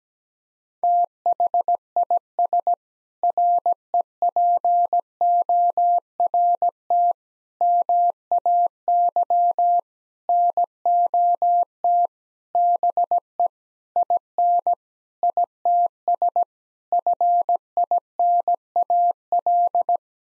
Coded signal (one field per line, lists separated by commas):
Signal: Morse code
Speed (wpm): 17 wpm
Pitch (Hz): 700 Hz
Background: none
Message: THIS REPORT MAY NOT BE IN ITS FINAL